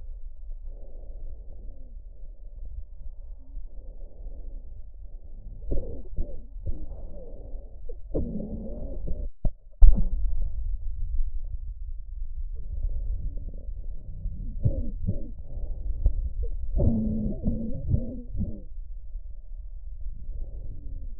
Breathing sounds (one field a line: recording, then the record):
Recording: lung sounds by stethoscope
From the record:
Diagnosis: chronic bronchitis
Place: left posterior upper chest